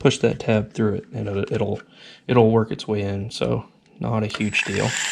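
A plastic tail light lens is handled against the hard plastic body of a Defender Customs TRX4m four-door RC scale truck kit, its tab lined up with a partly punched decal hole in a very tight fit. Someone talks throughout, with some faint handling noise near the end. Nothing has seated or clicked yet.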